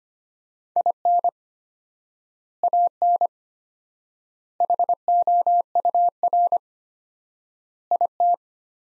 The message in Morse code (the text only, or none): IN AN HOUR IT